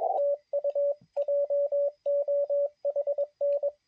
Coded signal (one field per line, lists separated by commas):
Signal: Morse code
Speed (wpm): 17 wpm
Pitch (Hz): 560 Hz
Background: radio noise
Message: TU JOHN